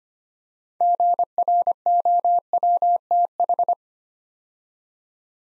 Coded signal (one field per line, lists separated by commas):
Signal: Morse code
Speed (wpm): 25 wpm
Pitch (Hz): 700 Hz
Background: none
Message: GROWTH